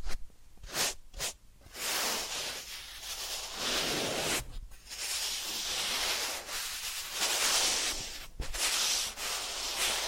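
Rubbing and brushing sounds from a massage and ear-cleaning session, bright and hissy like fabric or skin being stroked. Short pauses break it early on, then long steady passes of rubbing follow, with brief breaks near the middle and again close to the end.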